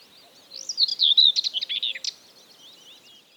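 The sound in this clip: Common whitethroat singing a quick, harsh, scratchy phrase of jumbled chattering notes, about one and a half seconds long, then faint background twitters.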